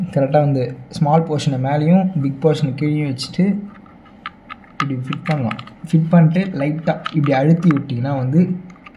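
A RAM module is handled at its motherboard slot while someone talks, with a few faint knocks and taps around 3.9 to 4.6 seconds during a pause in the talk. Nothing has seated or clicked yet.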